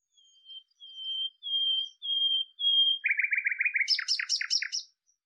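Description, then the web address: Bird song opening with five steady, clear whistled notes, then a quick rattling trill and a burst of high, jumbled buzzy notes. "cianscape birddata Deverinetal 2025"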